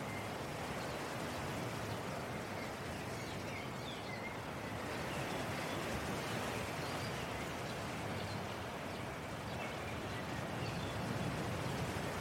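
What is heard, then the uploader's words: Beach waves wash in as a steady, dense roar that fills the low and middle range without pause for the full twelve seconds. The level stays nearly even, swelling slightly after about five seconds, with faint brighter chirps, possibly birds, scattered above. Beach Waves & Beautiful Views. Ocean Ambience.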